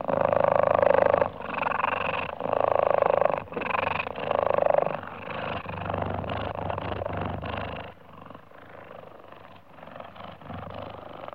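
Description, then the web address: Cheetah growling in rough, pulsing bursts for about eight seconds, with brief pauses between loud phrases, then quieter throaty breathing to the end. Cheetahs, more than one, growling and breathing, recorded close up; Africa. "Africa- The Natural World. Cheetahs- close up, growling and breathing"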